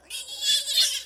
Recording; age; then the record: pig call; piglet (1 to 25 days)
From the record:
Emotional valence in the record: negative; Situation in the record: castration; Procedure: castration, cut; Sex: male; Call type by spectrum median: high-frequency call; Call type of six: high-frequency stable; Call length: 1.06 s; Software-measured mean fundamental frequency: 190 Hz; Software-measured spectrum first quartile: 3608 Hz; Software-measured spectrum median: 4469 Hz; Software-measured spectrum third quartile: 6755 Hz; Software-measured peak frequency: 3422 Hz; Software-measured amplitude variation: 144 dB a second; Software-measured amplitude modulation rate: 14.6 a second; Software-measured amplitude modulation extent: 9.8 dB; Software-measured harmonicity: 5.4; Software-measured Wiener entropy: -2.46